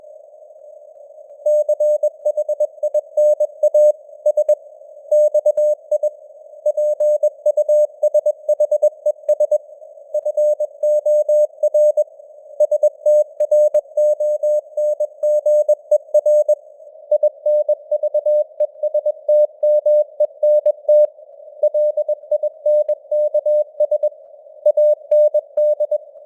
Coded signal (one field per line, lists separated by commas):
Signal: Morse code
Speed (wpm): 21 wpm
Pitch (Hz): 600 Hz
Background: none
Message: CHINA S XI PUSHES FOR STRONGER INVESTMENT LINKS AND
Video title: Morse Code News | 2025-11-04 | 21wpm